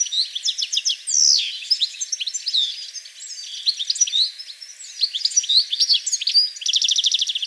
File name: Carduelis carduelis